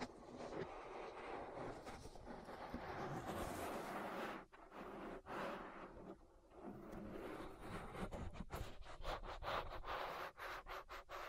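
An ear massage: thick, muffled rubbing and rustling fills the whole range, with a heavy low rumble underneath. Around four to six seconds it briefly drops away a few times, and after eight seconds the rubbing breaks into quick, repeated strokes separated by short pauses.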